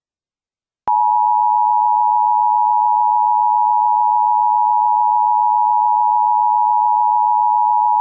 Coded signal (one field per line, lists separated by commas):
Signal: Emergency Alert System (SAME) tones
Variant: 853 and 960 Hz attention tone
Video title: EAS Scenario: Ultimate Halloween